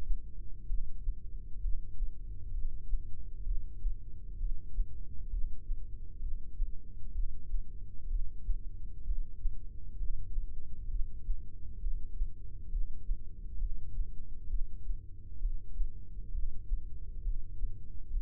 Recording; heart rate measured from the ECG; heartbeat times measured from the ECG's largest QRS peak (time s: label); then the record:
heart sounds by microphone in the right ear; 65 bpm
0.68 s: heartbeat
1.63 s: heartbeat
2.53 s: heartbeat
3.45 s: heartbeat
4.39 s: heartbeat
5.31 s: heartbeat
6.21 s: heartbeat
7.14 s: heartbeat
8.09 s: heartbeat
9.06 s: heartbeat
9.98 s: heartbeat
10.90 s: heartbeat
11.81 s: heartbeat
12.71 s: heartbeat
13.60 s: heartbeat
14.49 s: heartbeat
15.40 s: heartbeat
16.33 s: heartbeat
17.24 s: heartbeat
18.12 s: heartbeat
From the record:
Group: heart failure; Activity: rest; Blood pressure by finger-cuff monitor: 133/99 mmHg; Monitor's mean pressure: 112 mmHg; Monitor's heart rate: 65 bpm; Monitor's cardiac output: 5.7 L/min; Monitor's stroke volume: 88 mL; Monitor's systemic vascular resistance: 1450 dyn s/cm5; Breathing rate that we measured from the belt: 15 breaths a minute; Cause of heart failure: idiopathic cardiomyopathy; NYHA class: 1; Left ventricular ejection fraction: 50%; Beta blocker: bisoprolol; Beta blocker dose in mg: 5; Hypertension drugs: candesartan, spironolactone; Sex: male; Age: 54 years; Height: 180 cm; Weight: 94.6 kg